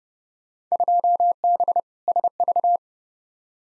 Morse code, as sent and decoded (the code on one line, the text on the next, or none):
..--- -... / ... ...-
2B SV